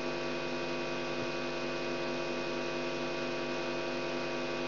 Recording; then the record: brain microelectrode recording played as sound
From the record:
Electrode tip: outside the subthalamic nucleus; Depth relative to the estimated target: -4 mm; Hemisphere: right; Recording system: AlphaMap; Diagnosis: Parkinson's disease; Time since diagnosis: 17 years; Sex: female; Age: 63 years